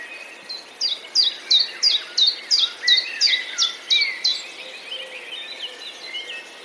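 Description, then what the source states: Common chiffchaff song: about eleven sharp, high, downward-slurred notes at a steady pace of roughly three per second, over a busy background of lower twittering birds. Recorded 8 May 2022.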